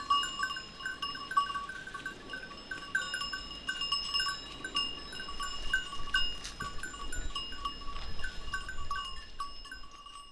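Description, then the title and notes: Goat bells clink and tinkle unevenly over a low rumbling background, with a sharper clatter about two thirds through. A few goats grazing on a sloping meadow, their bells tinkling at random; Montcel near Chambéry, Savoie, France. "Village Tipi, Route du Revard, Chalets de la Clusaz, Montcel, Chambéry, Savoie, Auvergne-Rhône-Alpes, France métropolitaine, 73100, France - Les chèvres. Quelques chèvres broutent dans une prairie en pente, le raffiné tintement aléatoire de leurs clochettes empli l'espace, un discret criquet stridule dans les herbes"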